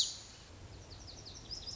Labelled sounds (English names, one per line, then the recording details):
Lazuli Bunting
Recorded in Sonoma County, California